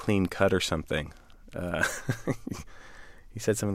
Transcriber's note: soundbite of laughter